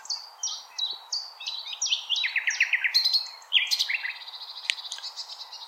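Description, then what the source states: Common nightingale song: a tumbling mix of sharp slurred notes and short trills, changing pattern every second or so. Recorded 16 April 2021.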